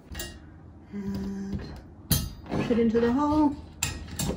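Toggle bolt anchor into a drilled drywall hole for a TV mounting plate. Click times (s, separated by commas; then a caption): 3.8 s. A second toggle bolt anchor is pushed into its drilled drywall hole for a TV mounting plate while someone talks. A sharp click at 3.8 s marks the bolt seating into place.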